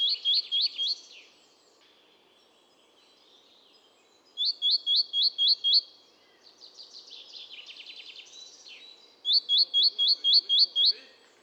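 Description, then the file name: Great tit calling in three bursts of quick, ringing repeated notes, about four per second, with softer twittering between the bursts. "Parus major"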